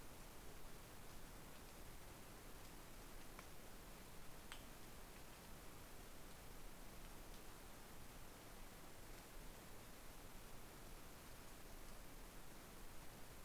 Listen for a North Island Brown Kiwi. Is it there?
no